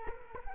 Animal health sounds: mosquito wingbeat signal from an infrared sensor; Culex quinquefasciatus

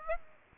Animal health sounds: mosquito wingbeat signal from an infrared sensor; Aedes aegypti

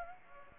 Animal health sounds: mosquito wingbeat signal from an infrared sensor; Aedes aegypti

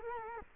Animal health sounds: mosquito wingbeat signal from an infrared sensor; Culex quinquefasciatus

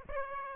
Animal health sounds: mosquito wingbeat signal from an infrared sensor; Aedes aegypti

